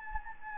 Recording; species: mosquito wingbeat signal from an infrared sensor; Anopheles gambiae